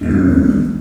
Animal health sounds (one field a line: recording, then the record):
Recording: squeal of a Yucatan mini pig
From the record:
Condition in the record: after surgery on the right vocal fold (resection and tissue-engineered implant)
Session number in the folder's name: 7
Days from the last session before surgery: 47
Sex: female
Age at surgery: 19 weeks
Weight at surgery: 25 kg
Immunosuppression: prednisolone